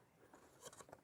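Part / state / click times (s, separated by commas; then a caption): wooden house kit panel into slotted joint of adjoining panel / not seated / none. A pre-cut wooden panel from a model house kit is being handled into the slotted joint of an adjoining panel. Faint scraping and light contact sounds build up, with brief taps at about 0.3 and 0.9 seconds. Nothing has seated or locked into place yet.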